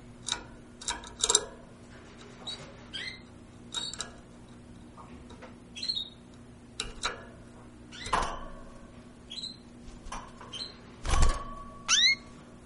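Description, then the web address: Bird chirps and clicks, a busy irregular series of short sweeping notes and sharp ticks, ending in a quick run of chirps; low hum throughout. "sounds aves"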